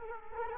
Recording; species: mosquito wingbeat signal from an infrared sensor; Culex quinquefasciatus